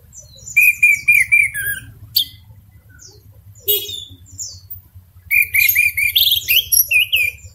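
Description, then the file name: Orange-headed thrush song: rapid series of repeated high chirps in two bursts separated by scattered notes, over a steady low hum. Singing style described as 'teler gacor dor', meaning intense, constant singing. "suara anis merah teler gacor dor"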